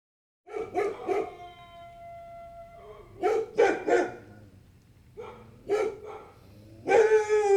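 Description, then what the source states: Dogs barking in short bursts, with a drawn-out tonal howl after the first barks and a whine-like howl at the end. A group of dogs barking and howling together.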